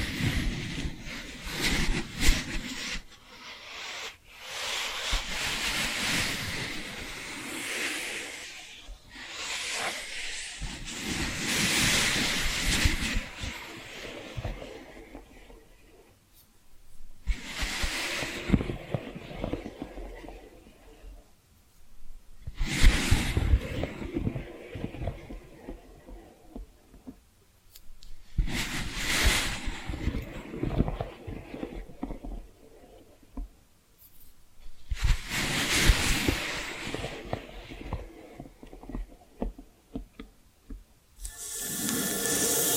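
Tapping and scratching sounds come in uneven bursts, some bright and hissing, others duller and softer. Louder scraping passes arrive around 11, 17, 23, 30 and 42 seconds, with brief near-silent gaps between them. The pace stays loose and irregular throughout.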